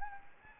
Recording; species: mosquito wingbeat signal from an infrared sensor; Anopheles gambiae